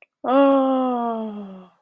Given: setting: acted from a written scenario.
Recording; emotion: vocal sound without words; awe